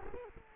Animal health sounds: mosquito wingbeat signal from an infrared sensor; Culex quinquefasciatus

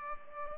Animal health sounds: mosquito wingbeat signal from an infrared sensor; Culex pipiens

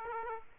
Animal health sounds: mosquito wingbeat signal from an infrared sensor; Aedes aegypti

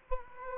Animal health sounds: mosquito wingbeat signal from an infrared sensor; Culex quinquefasciatus

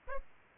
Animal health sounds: mosquito wingbeat signal from an infrared sensor; Aedes aegypti

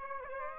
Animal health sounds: mosquito wingbeat signal from an infrared sensor; Aedes aegypti

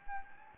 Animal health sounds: mosquito wingbeat signal from an infrared sensor; Anopheles gambiae

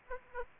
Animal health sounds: mosquito wingbeat signal from an infrared sensor; Aedes aegypti

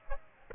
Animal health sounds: mosquito wingbeat signal from an infrared sensor; Aedes aegypti

